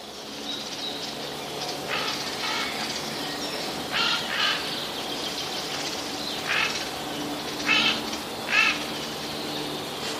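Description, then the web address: Eurasian jay giving several harsh rasping screeches spaced throughout, the loudest near the end, against a hissing background. Alarm call, recorded 18 May 2013. "wroblowe ostrzegator sojka"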